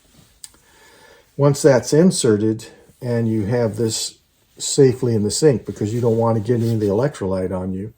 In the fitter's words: and it will click into place as you push in. Then let up on the tab.